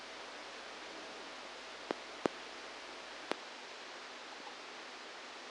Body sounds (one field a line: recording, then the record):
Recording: brain microelectrode recording played as sound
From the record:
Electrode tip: outside the subthalamic nucleus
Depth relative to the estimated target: -3 mm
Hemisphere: left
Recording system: NeuroSet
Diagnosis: Parkinson's disease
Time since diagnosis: 10 years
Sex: male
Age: 63 years